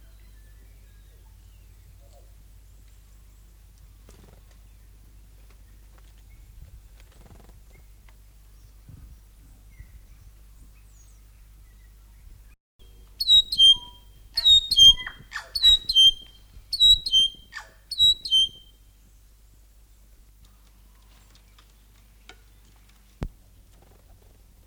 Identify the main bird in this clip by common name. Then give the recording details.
North Island Saddleback. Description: North Island saddleback/tīeke song. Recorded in New Zealand